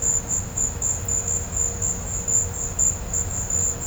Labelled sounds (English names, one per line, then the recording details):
none
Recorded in pastures near Puerto Asís, Putumayo, Colombia, on 21 December 2024 at 14:00
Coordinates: 0.502, -76.324
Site G077